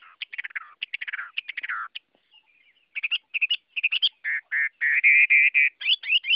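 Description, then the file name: Chinese hwamei song: fast burst of rich, slurred whistled and buzzy notes, a short pause, then loud clear repeated whistles that grow stronger toward the end. Song sung in the forest style called giọng rừng. "Tieng hoa mi hot giong rung"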